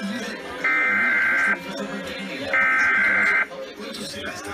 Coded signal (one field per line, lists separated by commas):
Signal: Emergency Alert System (SAME) tones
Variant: header bursts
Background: speech